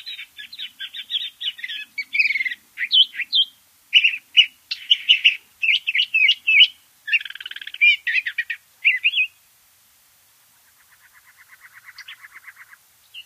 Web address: Know Your Bird Sounds Common Western Species. Curve-billed Thrasher